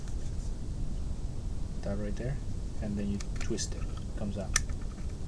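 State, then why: Not seated. A small plastic part of a Gaomon PD1161 pen display accessory is pressed down and twisted out of its holder while someone talks, with faint handling noises. The part has not yet gone back in, so nothing has clicked or seated yet.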